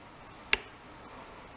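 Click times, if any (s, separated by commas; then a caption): 0.5 s. Pin 2, a key pin in a Corbin Euro pin-tumbler lock cylinder, is lifted with a pick under tension until it sets. A sharp, bright click at 0.5 s marks the pin setting, followed by quiet background and a fainter tick at the very end.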